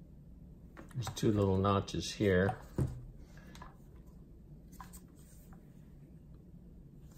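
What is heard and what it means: Someone talks while handling a notched plastic component for an Aquawinder automatic hose reel's hydraulic motor, lining its two little notches up with the matching notches in the motor housing during a rebuild. Only faint taps and handling noises are heard around the talk. Nothing has been pushed home or clicked into place yet.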